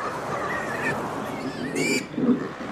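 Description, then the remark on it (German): A pig behind a wire fence snuffles and snorts, then lets out a couple of rough, low grunts toward the end, heard over a steady hiss of background noise with no talking. “Da höre ich neben mir erst ein leises Schnaufen, dann unmenschliches Grunzen.”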